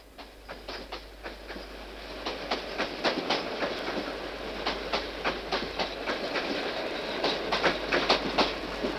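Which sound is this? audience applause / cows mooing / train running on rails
train running on rails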